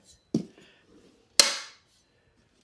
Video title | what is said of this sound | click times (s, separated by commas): Hailnterior Folding Card Table, Carrying Handle, Heavy Duty 400 lbs Overview #ad #amazoninfluencer | That little click, it's locked in place. It's not going to go anywhere. | 1.4 s